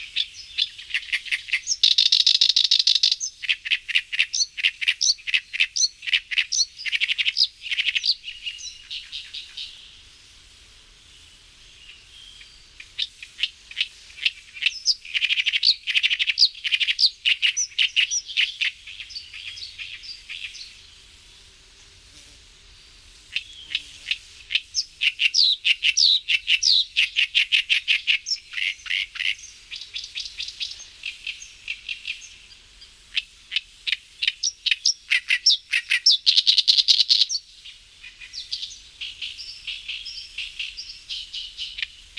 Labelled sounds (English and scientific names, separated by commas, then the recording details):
Oriental Reed Warbler (Acrocephalus orientalis) song
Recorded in the wild
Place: Woschod, Fischteiche, RU
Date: 1994-06-05
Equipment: Dat-Recorder Casio DA 7, Telinga DAT, Telinga-Parabolspiegel
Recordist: Schwarz, Dieter